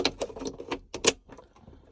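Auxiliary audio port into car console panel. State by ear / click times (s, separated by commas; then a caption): not seated / none. A replacement auxiliary audio input port for a 2008 Toyota Avalon is handled and fed in from the top toward its opening in the plastic dash or console panel. A series of short plastic taps and rattles is heard, with the sharpest at about 0.1, 0.2, 0.7, 0.9 and 1.1 seconds, then quieter handling. Nothing has seated or clicked yet.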